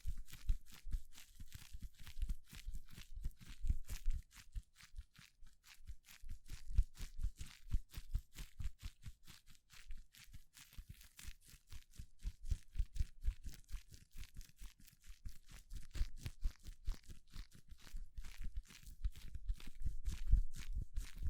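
Gloves rub and flex in a steady run of quick, dense crinkles and crunches, like stiff material being worked between hands. The rustling keeps a fast, fairly regular rhythm for the whole stretch, with low thumps underneath and a few louder bursts near the end.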